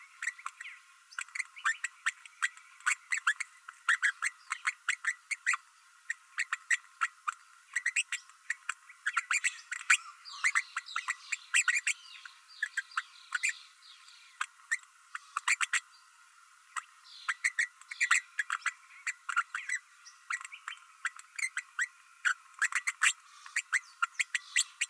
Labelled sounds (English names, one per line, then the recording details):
Green-rumped Parrotlet babbling
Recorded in a nest box in Venezuela
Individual 18B12A3